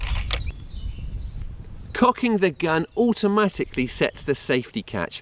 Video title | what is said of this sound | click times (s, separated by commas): The Airgun Show – Hunting rabbits with ambush tactics, PLUS the AirForceOne Sirocco on test… | the lock-up mechanism looks and feels nice and secure and the barrel snaps back into position with a very positive clunk | 0.3 s